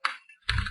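On an ASUS UL30A laptop, fingernails lift the plastic screen bezel clipped onto the laptop lid while fingertips hold the screen. Sharp plastic snaps are heard at 0.05 s and 0.49 s, the second followed by a rougher, rumbling rustle to the end. The bezel's clips pop loose and the bezel is released, a good sign.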